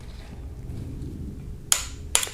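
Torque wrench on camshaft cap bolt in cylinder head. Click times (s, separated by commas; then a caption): 1.7 s, 2.2 s. A larger torque wrench set to 14.7 N·m tightens the group B camshaft cap bolts on a Hyundai Sonata engine cylinder head over a low background rumble. The wrench gives two sharp, loud clicks at about 1.7 s and 2.1 s, confirming each bolt has reached the set torque.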